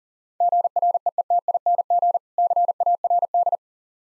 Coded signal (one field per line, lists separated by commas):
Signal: Morse code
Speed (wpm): 40 wpm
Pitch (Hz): 700 Hz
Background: none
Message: GREETING CARD